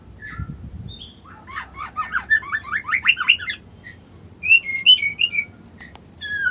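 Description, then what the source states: White-eye song: a brief whistle, then a fast series of chirps, a pause, and a twittering phrase of high sliding notes. Song style called ngerol ngalas.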